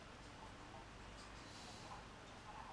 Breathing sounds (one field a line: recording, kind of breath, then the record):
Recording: one breath in and out by a microphone near the nose and mouth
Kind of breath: normal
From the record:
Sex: male